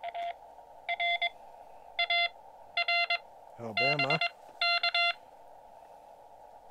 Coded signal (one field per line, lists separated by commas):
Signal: Morse code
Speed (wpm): 22 wpm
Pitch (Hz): 2050 Hz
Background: speech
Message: R A R BK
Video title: My Morse Code Journey: POTA activation Fisher Towers